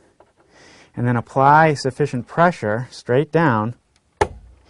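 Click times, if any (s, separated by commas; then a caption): 4.2 s. A memory module is pressed straight down into a motherboard DIMM slot while someone talks. A sharp snap at 4.2 seconds is the side retention tabs engaging, and the module locks into place, fully seated.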